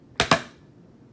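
The locking lever on a CAA MCK polymer conversion kit chassis holding an M&P Shield 9mm pistol is pushed down and then up, giving two sharp clicks at 0.2 s and 0.3 s. The lever pops up all the way and locks into place, and a red indicator shows the kit is ready.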